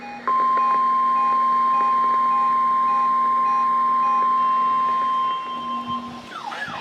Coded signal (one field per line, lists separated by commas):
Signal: Emergency Alert System (SAME) tones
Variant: 1050 Hz attention tone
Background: music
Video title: GRAY FOLLOWS SUIT... NWR Required Weekly Tests - February 26th, 2025 (EAS #1,784-1,788)